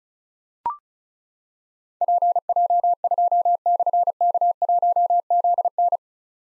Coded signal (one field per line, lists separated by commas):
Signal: Morse code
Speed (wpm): 36 wpm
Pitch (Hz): 700 Hz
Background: none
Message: PJ2/K1ZN